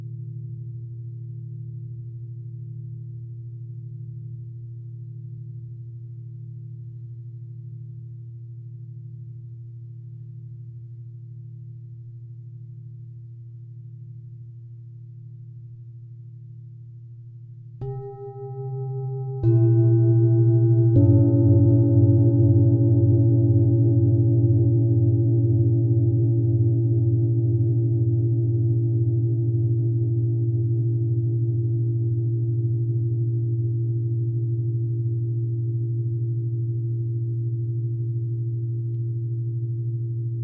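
A low singing bowl hums steadily with a gentle wobble, then is struck again near 18 and 21 seconds, ringing louder and brighter before slowly fading.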